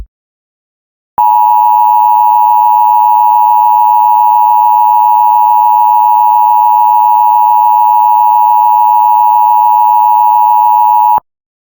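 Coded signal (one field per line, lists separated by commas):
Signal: Emergency Alert System (SAME) tones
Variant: 853 and 960 Hz attention tone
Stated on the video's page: EAS Administrative Message alert for the State of Arizona.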